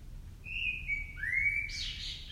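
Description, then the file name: Common blackbird song phrase: mellow fluted whistles that dip and rise, ending in a squeaky, scratchy high twitter, over faint low background rumble. "Turdus merula"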